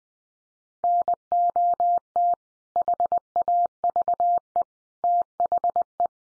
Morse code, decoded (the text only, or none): NOT HAVE THE